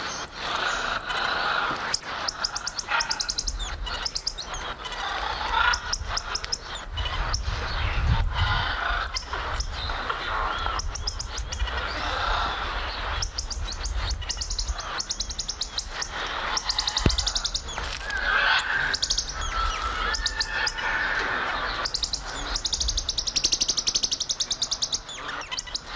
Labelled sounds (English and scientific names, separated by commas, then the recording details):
Red-chested Mustached Tamarin (Saguinus labiatus) call
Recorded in captivity
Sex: male
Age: adult
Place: Zoo Magdeburg, Sachsen-Anhalt, DE
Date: 1995-04-05 11:25
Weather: sonnig, 8°C
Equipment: Sony WM-D6C, Mikro Philips, Kopie Uher 4200 Report Mono
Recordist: Tembrock, Günter
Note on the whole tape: Männchen (draußen): Lautfolgen, hängt am Gitter; Pfau am Gitter